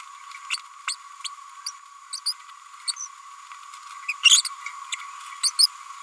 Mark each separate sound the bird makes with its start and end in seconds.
0.50-0.58, 0.87-0.96, 1.66-1.72, 2.26-2.33, 2.87-2.93, 4.08-4.13, 4.23-4.42, 4.45-4.48, 4.92-4.96, 5.43-5.51, 5.58-5.67